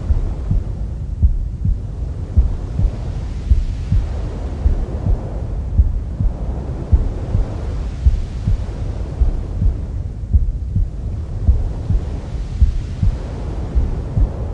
Womb Sounds with Mother's Heartbeat. Try our calming sleep sounds to help your baby sleep faster.